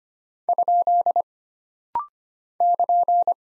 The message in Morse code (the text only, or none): ? <KN>